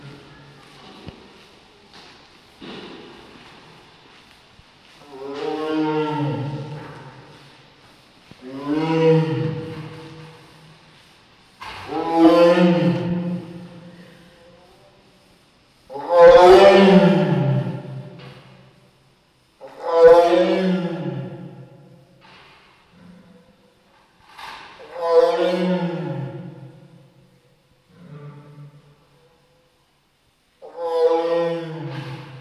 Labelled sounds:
Tiger (Panthera tigris) call
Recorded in captivity
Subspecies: altaica
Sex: female
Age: adult
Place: Zoo Prag, CZ
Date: 1967-09-14 09:30
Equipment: Uher 4000 Report-S, Transistorverstärker II, Sennheiser MD 421
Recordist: Tembrock, Günter

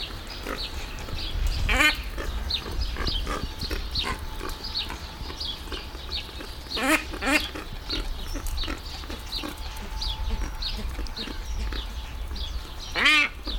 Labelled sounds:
Hadada Ibis (Bostrychia hagedash) call
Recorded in captivity
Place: Tierpark Berlin, Berlin, DE
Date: 1996-05-01 17:47
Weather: heiter, 17°C
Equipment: Sony MD-WM MZ-R3, Sennheiser MKH 416 T, Kopie Uher 4000 Report Monitor
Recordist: Tembrock, Günter

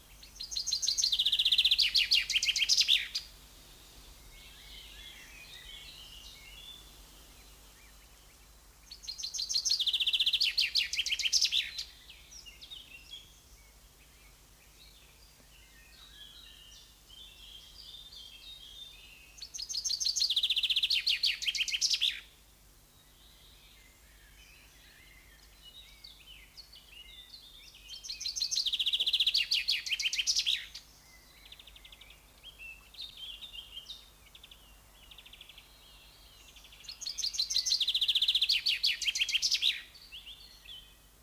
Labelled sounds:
Common Chaffinch (Fringilla coelebs) song
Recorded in the wild
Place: Bogensee, Barnim, Brandenburg, DE
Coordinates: 52.7714, 13.5294
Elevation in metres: 60
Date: 2004-05-30 13:15
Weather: sunny, 21-24°C
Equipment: Sony WM-D6C, Sennheiser ME 80, Kopie Uher 4000 Report Monitor
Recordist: Tembrock, Günter

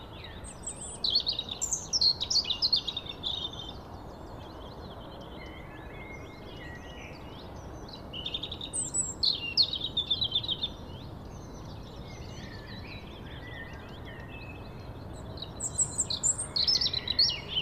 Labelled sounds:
European Robin (Erithacus rubecula) song
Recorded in the wild
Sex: male
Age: adult
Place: Schönow, Naturpark Barnim, Brandenburg, DE
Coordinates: 52.685, 13.512
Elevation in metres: 68
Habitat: coniferous forest
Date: 2014-04-26
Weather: sunny, 14°C, windless
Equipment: Sound Devices 702, Sennheiser MKH 70, Rycote Windschutz
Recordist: Frommolt, Karl-Heinz

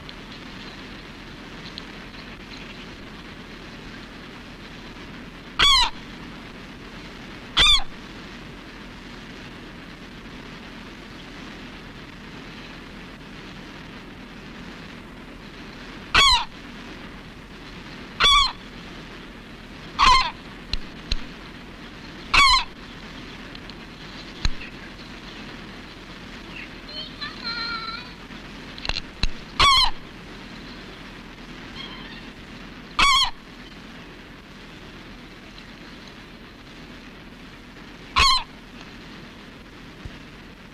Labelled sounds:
European Herring Gull (Larus argentatus) call
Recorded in captivity
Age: adult
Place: Tierpark Berlin, Berlin, DE
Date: 1964-03-07 12:34
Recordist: Altmann, Dagmar

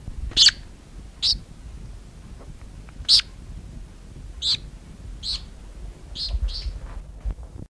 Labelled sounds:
Orange-breasted Waxbill (Amandava subflava) call
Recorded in captivity
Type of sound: call
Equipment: Halbspur, 9,5 cm/s
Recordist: Lütgens, Hans
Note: In der Hand

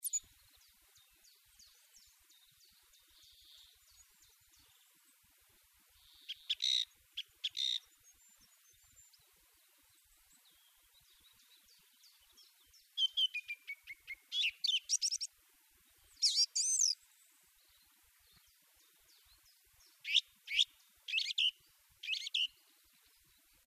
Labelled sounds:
Song Thrush (Turdus philomelos) song, Common Chiffchaff (Phylloscopus collybita)
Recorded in the wild
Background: Phylloscopus collybita
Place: Garmisch-Partenkirchen, Bayern, DE
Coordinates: 47.4919, 11.0972
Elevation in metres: 706
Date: 1969-04-13
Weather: Schneefall
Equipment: Nagra III, Sennheiser MKH 405
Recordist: Tretzel, Erwin
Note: Garmisch-Partenkirchen: Gesang

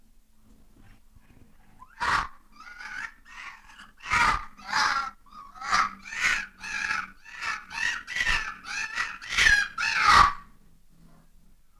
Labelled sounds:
Red Fox (Vulpes vulpes)
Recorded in captivity
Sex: female
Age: adult
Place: Zoologisches Institut der HUB, Berlin, DE
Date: 1959-03-28 15:00
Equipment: 19 cm Vollspur
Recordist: Tembrock, Günter
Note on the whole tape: Rotfuchsfähe "Jenny" sitzt auf dem Eingangsdach zur kleinen Freianlage (dort öfter) und äußert laut Schrei-Bellen (Kreisch-Bellen)

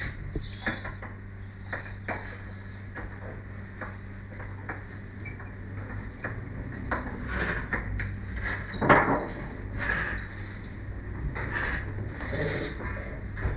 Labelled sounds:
Tiger (Panthera tigris) snorting
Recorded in captivity
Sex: diverse
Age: adult
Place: Tierpark Berlin, Berlin, DE
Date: 1959-07-28
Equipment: Smaragd
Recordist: TSA
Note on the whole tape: Lissy und Cäsar: Prusten. Abstand 2-3 m. Aufnahmezeit: 7.15-8.30 Uhr

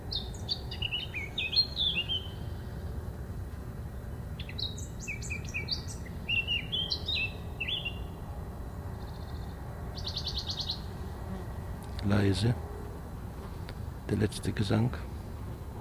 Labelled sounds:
Western Bonelli's Warbler (Phylloscopus bonelli)
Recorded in the wild
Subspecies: bonelli
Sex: male
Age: adult
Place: am Erdbeerberg bei Eningen unter Achalm, Schwäbische Alb, Baden-Württemberg, DE
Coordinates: 48.4833, 9.26667
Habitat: forested mountain side
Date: 1969-07-17
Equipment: Nagra III PH, MD 211, PES 26
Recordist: Schneider, Hans-Joachim

